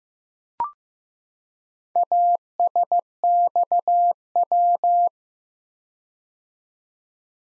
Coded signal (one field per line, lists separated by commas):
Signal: Morse code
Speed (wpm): 15 wpm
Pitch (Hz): 700 Hz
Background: none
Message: ASXW